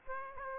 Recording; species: mosquito wingbeat signal from an infrared sensor; Aedes aegypti